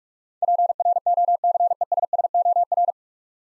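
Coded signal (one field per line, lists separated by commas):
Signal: Morse code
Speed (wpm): 44 wpm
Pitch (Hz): 700 Hz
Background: none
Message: PROCESSOR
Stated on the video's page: Practice set at 45 wpm: nine-letter words sent in Morse, each sent twice, for head-copy training.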